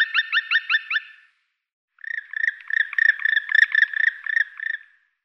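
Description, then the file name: Black woodpecker calling a short run of ringing notes, then after a pause a longer series of similar notes. "schwarzspecht"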